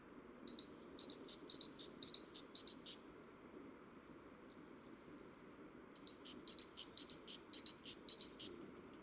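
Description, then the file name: Great tit calls: bright repeated phrases of two short high notes and a sharp downslurred note, given in two bursts of about five phrases separated by a pause. "Parus major"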